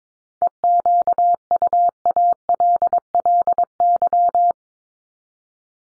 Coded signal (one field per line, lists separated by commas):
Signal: Morse code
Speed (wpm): 22 wpm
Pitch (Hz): 700 Hz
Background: none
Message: EQUALLY